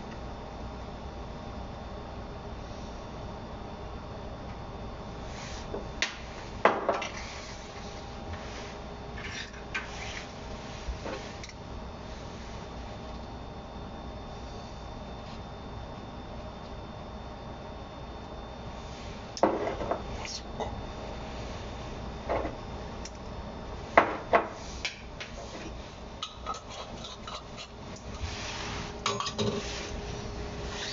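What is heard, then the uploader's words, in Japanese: Kombu being cut up: scattered sharp knife knocks and scrapes at irregular intervals over a steady low hum. 昆布を刻む。昆布を佃煮にするために刻んでいる音。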